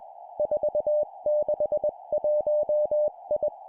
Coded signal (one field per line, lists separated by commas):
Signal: Morse code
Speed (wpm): 21 wpm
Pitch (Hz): 600 Hz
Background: none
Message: 461I